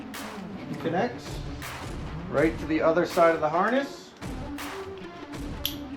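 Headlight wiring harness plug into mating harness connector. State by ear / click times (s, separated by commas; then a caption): seated / 5.7 s. Someone talks while the other end of a Jeep Gladiator headlight wiring harness is plugged into the mating side of the harness connector. A short, sharp click at 5.7 seconds confirms the connector is seated.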